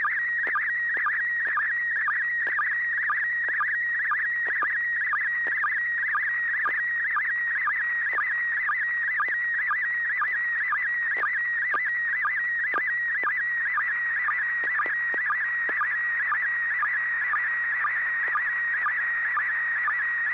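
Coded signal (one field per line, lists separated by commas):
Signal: SSTV (slow-scan television)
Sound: steady warbling whistle near 2 kHz with quick low chirps about twice a second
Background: low hum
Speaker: yep it's an ISS slow scan download and it started out really really clean um 40th anniversary of amateur radio on human space flight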